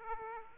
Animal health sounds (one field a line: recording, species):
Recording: mosquito wingbeat signal from an infrared sensor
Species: Aedes aegypti